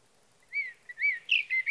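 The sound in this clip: Sage thrasher song, slurred whistled notes that rise and fall, ending in a brighter run of quick notes.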